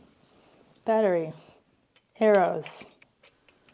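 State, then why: Not seated. Someone talks while lining up the arrows on a small rechargeable battery and holding it to a Shimano XTR wireless Di2 rear bicycle derailleur, with only faint handling ticks near the end at about 3.5 and 3.7 seconds. The battery is handled but not yet pushed home, so nothing has seated or clicked yet.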